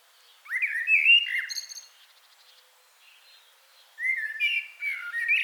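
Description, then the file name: Common blackbird delivering two warbled phrases, each a rich fluted start followed by thin high twittering, with a quiet pause between them. "Turdus merula"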